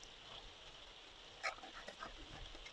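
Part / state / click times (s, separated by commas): magnetic clasp on a paper gift bag flap / not seated / none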